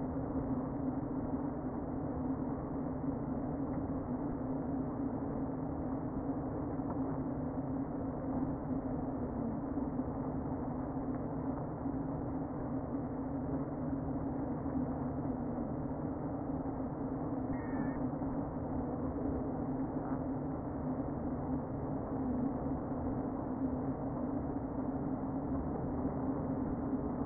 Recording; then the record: honeybee colony, microphone inside the hive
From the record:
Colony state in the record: queen present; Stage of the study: before two queens were removed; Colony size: about 60,000 bees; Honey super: yes